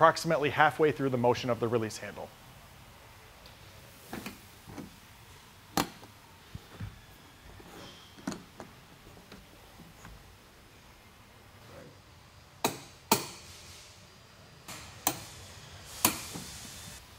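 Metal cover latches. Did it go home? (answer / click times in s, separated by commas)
released / 5.8 s, 12.6 s, 13.1 s, 15.1 s, 16.0 s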